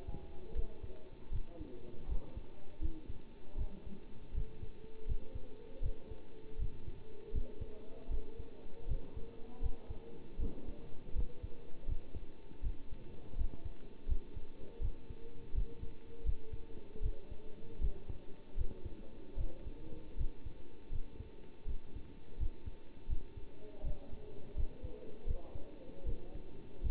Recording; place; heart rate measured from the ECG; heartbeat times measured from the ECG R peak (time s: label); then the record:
heart sounds by stethoscope; between the tricuspid and mitral areas; 80 bpm
0.55 s: heartbeat
1.31 s: heartbeat
2.08 s: heartbeat
2.81 s: heartbeat
3.57 s: heartbeat
4.34 s: heartbeat
5.07 s: heartbeat
5.82 s: heartbeat
6.58 s: heartbeat
7.33 s: heartbeat
8.10 s: heartbeat
8.87 s: heartbeat
9.61 s: heartbeat
10.38 s: heartbeat
11.15 s: heartbeat
11.87 s: heartbeat
12.62 s: heartbeat
13.37 s: heartbeat
14.08 s: heartbeat
14.81 s: heartbeat
15.54 s: heartbeat
16.25 s: heartbeat
17.02 s: heartbeat
17.80 s: heartbeat
18.57 s: heartbeat
19.37 s: heartbeat
20.17 s: heartbeat
20.91 s: heartbeat
21.67 s: heartbeat
22.38 s: heartbeat
23.08 s: heartbeat
23.83 s: heartbeat
24.56 s: heartbeat
25.26 s: heartbeat
26.05 s: heartbeat
26.82 s: heartbeat
From the record:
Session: bicycle stress test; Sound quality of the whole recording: good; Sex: male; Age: 27 years